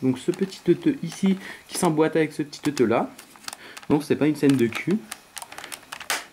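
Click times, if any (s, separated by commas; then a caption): 6.1 s. The retractable stock connector of a Swiss Arms SIG 552 Commando airsoft replica, made of ABS and metal, is pushed into its mating piece on the receiver while someone talks. A few light taps follow from about 5.4 s, then the stock joint clicks into place at 6.1 s and locks with no play.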